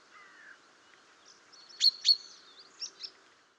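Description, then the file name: Common chaffinch giving two sharp, high, metallic call notes in quick succession, followed by a pair of softer, shorter notes, over faint background birds. "Fringilla coelebs"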